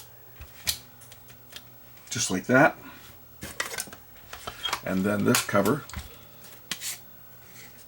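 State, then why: Seated. A plastic cover is pressed onto the body of a Hitachi VMH675 Hi8 camcorder during reassembly while someone talks, with light handling taps and rattles throughout. The cover clips on with one sharp click at 6.7 s and is seated.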